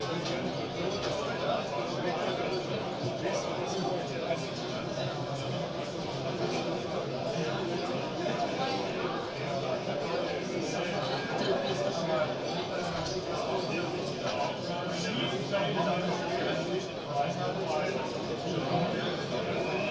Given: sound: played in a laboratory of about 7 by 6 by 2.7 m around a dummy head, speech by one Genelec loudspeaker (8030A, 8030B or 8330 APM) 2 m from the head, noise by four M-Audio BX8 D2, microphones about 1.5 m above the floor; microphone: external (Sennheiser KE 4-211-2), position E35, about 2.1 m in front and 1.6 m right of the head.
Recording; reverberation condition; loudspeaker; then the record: cafeteria noise; low; four, about 170 cm from the corners of the room and facing them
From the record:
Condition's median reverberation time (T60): about 310 ms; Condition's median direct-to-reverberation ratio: about 3.5 dB